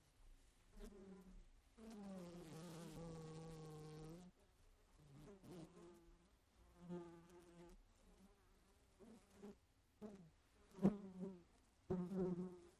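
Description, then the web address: Fly: insect buzz, a short buzz, then one long steady hum for about two seconds, then short choppy buzzes and a few sharp knocks. "flies"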